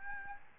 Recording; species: mosquito wingbeat signal from an infrared sensor; Aedes albopictus